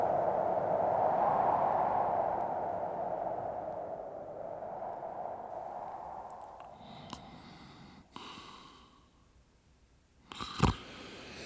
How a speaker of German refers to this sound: Mein Gott, Sie schnarchen ja. Was ist los? Ich habe gesagt, Sie schnarchen.